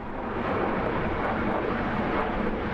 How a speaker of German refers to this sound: Ein Passagierflugzeug über Mainz im Landeanflug auf den Flughafen Frankfurt am Main. Minütlich donnern die Maschinen in geringer Höhe über die Stadt.